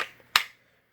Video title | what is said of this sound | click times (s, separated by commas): TOPS Fieldcraft 3.5 - First Look and Compare | but I wish it was a little more for your thumb to get a whole work but it's actually enough pops | 0.4 s